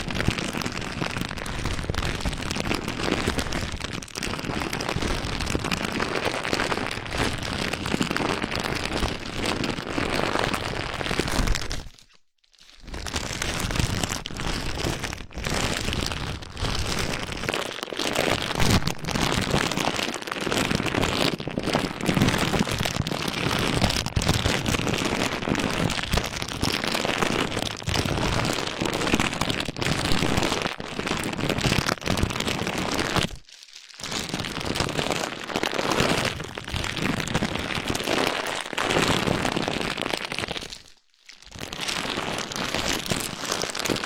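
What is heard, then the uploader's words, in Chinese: Odd objects give a dense, steady crackling and hissing, like heavy rain or fizzing sparks, spread from low rumble to bright sizzle. The sound cuts out abruptly into brief silences near 12, 33 and 41 seconds, then resumes just as thick. 用奇奇怪怪的物品放松你的耳朵哦。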